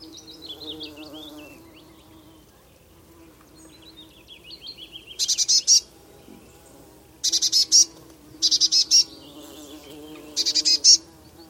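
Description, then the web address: Eurasian blue tit giving several churring bursts of quick harsh notes over a low hum. "Deverinetal 2025 File origin Bird Only Cy Ca"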